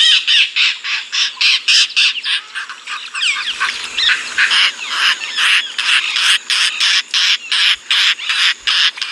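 Indian roller uttering rapid harsh rasping calls, a fast uneven series of grating squawks with brief chattering runs, continuing throughout.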